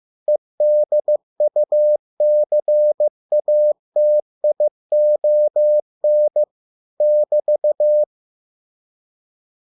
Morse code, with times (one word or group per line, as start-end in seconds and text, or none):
0.3-6.4 EDUCATION
7.0-8.0 <BT>